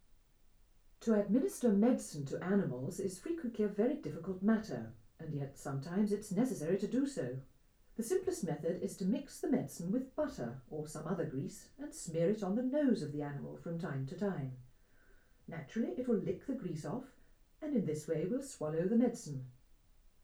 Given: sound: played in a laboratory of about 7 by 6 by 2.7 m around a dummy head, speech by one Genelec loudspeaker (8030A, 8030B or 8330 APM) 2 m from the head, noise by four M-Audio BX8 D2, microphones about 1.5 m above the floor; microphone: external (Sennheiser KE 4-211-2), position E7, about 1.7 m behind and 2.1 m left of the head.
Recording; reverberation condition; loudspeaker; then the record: female speech in English; low; behind (180 degrees)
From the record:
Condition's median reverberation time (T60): about 310 ms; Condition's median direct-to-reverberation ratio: about 3.5 dB